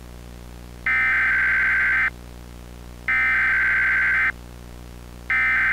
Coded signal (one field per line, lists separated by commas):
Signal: Emergency Alert System (SAME) tones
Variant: header bursts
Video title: [EAS Mock] "Midnight Tornado" (June 13, 2005)